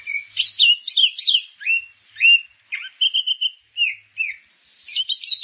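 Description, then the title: Grey-cheeked bulbul song with varied whistled phrases, a brief run of evenly spaced pure notes, then a final scratchy chattering burst. "Kicau Burung Cucak Jenggot"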